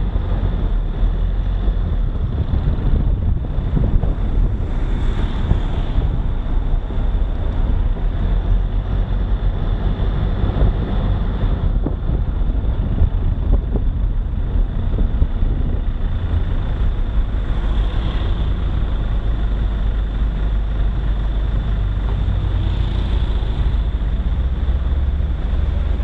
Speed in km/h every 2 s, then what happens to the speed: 32, 31, 28, 28, 31, 31, 27, 18, 9, 4, 2, 5, 4.
0-11 steady at about 31. 11-18 brakes to 4. 18-26 steady at about 4.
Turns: none.